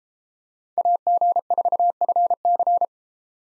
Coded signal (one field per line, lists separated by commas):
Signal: Morse code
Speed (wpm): 31 wpm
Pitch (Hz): 700 Hz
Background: none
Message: AG4FC